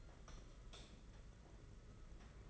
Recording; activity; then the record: daily activity, microphone in the room; light off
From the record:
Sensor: 4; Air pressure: 992.7 hPa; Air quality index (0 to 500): 169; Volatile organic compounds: 249 ppm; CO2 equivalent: 4357 ppm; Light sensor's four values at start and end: 6/15/6/7 and 4/8/3/3